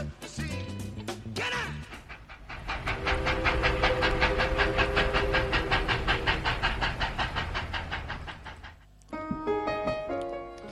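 A train sound effect used as a transition: a loud, steady clickety-clack rhythm rolls for several seconds with a sustained tonal hum over it, then cuts off abruptly as bright musical notes take over.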